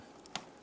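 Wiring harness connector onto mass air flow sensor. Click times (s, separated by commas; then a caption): 0.4 s. A wiring harness electrical connector is lined up and pressed onto a new mass air flow sensor on a 2008-2013 Nissan Rogue. A couple of faint ticks come first, then a sharp, bright click at 0.4 s as the connector snaps home and seats on the sensor.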